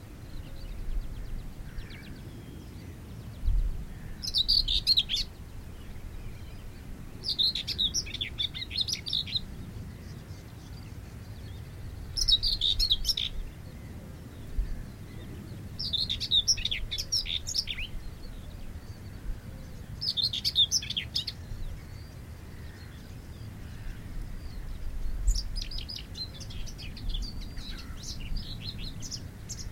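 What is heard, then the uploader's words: A whitethroat sings short, scratchy bursts of song, each lasting about a second, repeated every three to four seconds through the half minute. The phrases are high and chattering, set against a steady low rumble of wind or traffic. The song of the whitethroat.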